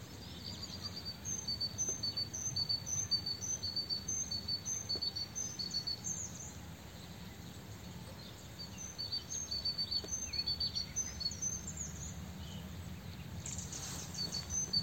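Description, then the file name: Great tit calls: bursts of high, thin paired notes alternating higher and lower, pausing midway then resuming, with steady low background hiss and rumble. "Parus major"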